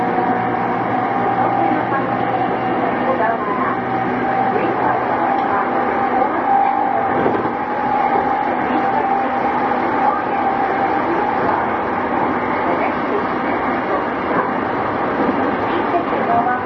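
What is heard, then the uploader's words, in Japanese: Inside a JR E233 series train running toward Odawara, a steady dense rumble persists, with a thin whine near 800 Hz and murmured voices. JRE233系 横浜ー小田原。ICレコダーで録音しています。乗車の列車は小田原行の列車です。JRE233系3000番台〜。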